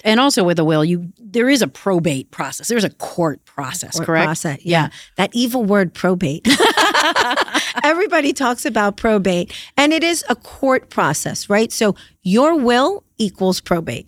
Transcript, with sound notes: And also with a will, there is a probate process. There's a court process, correct? Yeah. That evil word, probate. [LAUGHTER] Everybody talks about probate, and it is a court process. So your will equals probate.